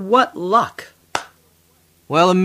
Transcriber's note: claps his hands together